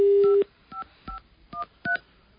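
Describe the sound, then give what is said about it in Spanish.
Telephone keypad dialing while trying to get through to phone lines that are all busy: a brief steady tone gives way to about five short, bright beeps pressed in a quick, slightly uneven rhythm, each a clean electronic tone with nothing else around them. “Oye, lata, están todos ocupados los teléfonos.”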